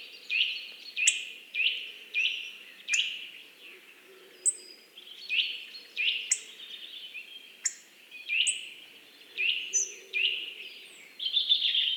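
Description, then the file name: Eurasian nuthatch repeating clear, loud piping calls roughly every half second to second, with low ambient noise throughout. "Sitta europaea"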